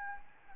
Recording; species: mosquito wingbeat signal from an infrared sensor; Anopheles gambiae